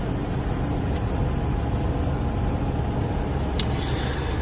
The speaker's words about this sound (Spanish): Se hace la noche y nos dirigimos en el coche